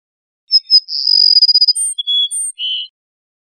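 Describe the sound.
Cassin's sparrow singing one phrase: two short high notes, a quick rattling trill, then separate high whistles ending on a lower drawn note.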